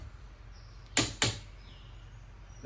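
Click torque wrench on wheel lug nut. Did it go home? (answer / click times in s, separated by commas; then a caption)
yes / 1.0 s, 1.2 s. A click-type torque wrench tightens a steel M12 by 1.5 lug nut on the wheel hub of a Honda CR-V, set to the 80 foot-pounds Honda calls for. Two sharp clicks ring out at 1.0 s and 1.2 s over a quiet background as the wrench breaks over, confirming the nut has reached the torque setting.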